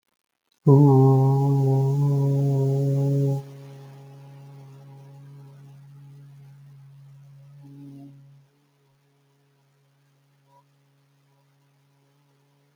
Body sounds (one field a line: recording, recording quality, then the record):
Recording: sustained vowel as in boot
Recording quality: excellent, no background noise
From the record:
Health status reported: healthy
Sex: male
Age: 37 years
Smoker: yes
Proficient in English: yes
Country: India